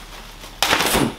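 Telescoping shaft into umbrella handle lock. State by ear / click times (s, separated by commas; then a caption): not seated / none. Someone holds the bottom of a small auto-open/close folding umbrella and pushes the telescoping shaft closed by hand toward the handle lock. After a quiet lead-in, a loud thud comes at 0.6 s as the shaft bottoms out, followed by a brief rattling tail. No locking click follows, and the shaft has not latched into its locked position.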